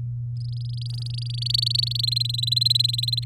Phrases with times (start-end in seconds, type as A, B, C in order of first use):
0.36-2.06 A, 2.07-3.24 B